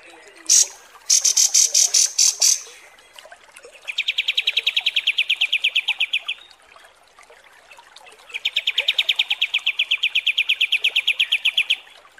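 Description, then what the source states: Bulbul song: short loud bursts, then a long rapid even trill of buzzy notes lasting a few seconds, a pause, then another extended trill. Masteran (song tutoring) recording of the kapas tembak style.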